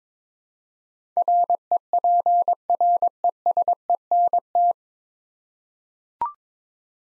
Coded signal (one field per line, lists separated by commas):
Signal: Morse code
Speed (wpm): 23 wpm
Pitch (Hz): 700 Hz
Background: none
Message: REPRESENT